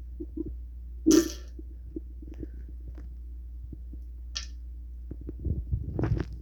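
Scattered soft pops and clicks come at irregular intervals from an adult abdomen, with two brief louder squelching bursts and a longer run of bubbling gurgles near the end, over a steady low hum. These are ordinary tummy gurgles, bowel sounds from gas and fluid moving through the gut.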